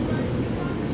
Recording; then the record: coughing mixed with background sound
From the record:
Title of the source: choking, hacking coughing